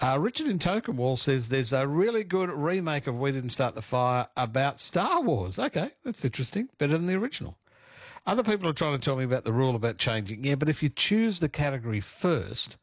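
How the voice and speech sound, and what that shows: Clear, fluent adult male speech at an easy conversational pace; an ordinary, normal voice of a radio host.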